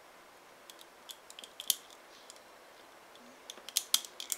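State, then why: Not seated. The plastic shoulder armor of a Daban Seven Sword MG model kit is pressed onto the arm/shoulder joint, giving light, sharp plastic ticks and taps, strongest around 1.7 s and 3.9 s, over a quiet background. No click is heard; the armor has not clicked into place. It is supposed to lock in but comes off easily.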